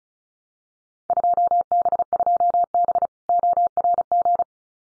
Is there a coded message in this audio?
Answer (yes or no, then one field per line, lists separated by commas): yes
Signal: Morse code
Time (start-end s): 1.1-4.4 s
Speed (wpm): 34 wpm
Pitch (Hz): 700 Hz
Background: none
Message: 2B2B ORG